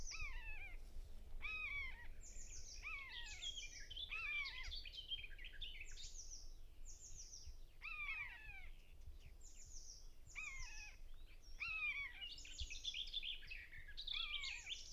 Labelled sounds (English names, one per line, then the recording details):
Common Buzzard call
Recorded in the wild
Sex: pair
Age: adult
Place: Lohm, Havelland, Brandenburg, DE
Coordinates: 52.8839, 12.3572
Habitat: grassland
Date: 2007-05-19 06:05
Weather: heiter, 10°C, schwacher Wind
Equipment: Sound Devices 702, Sennheiser MKH 416-T, Windkorb
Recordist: Frommolt, Karl-Heinz